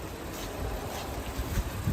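After topping up the windshield washer fluid, the plastic reservoir cap is picked up and brought back toward the reservoir filler neck. Only a steady, wind-like broadband rumble is heard, with low thumps of handling around 1.6 s and a louder one at the very end. The cap has not snapped shut or clicked yet.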